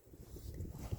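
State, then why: Not seated. A plastic top cap with small snap notches is pressed with two hands onto a mini split line set cover duct. Low, muffled handling rumble builds gradually over the second, with a slightly louder bump near 0.9 s. Nothing has seated or clicked yet.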